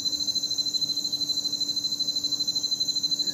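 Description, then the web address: Crickets giving a continuous shrill pulsed chirping, rapid and evenly repeated, with no other clear sounds. Night ambience. "the sound pack tree. night ambience with crickets"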